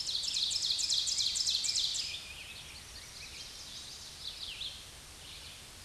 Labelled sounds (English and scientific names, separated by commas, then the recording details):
Ovenbird (Seiurus aurocapilla) song
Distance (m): 35 m
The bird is about 10 m above the microphone
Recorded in a Pennsylvania forest on 16 May 2024 at 07:33
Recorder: AudioMoth, point MSD-2146
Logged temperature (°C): 16.7 °C
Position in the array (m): 168 m, -24 m